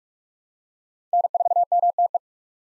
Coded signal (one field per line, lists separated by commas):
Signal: Morse code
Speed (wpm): 46 wpm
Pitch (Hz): 700 Hz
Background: none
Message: N4MTE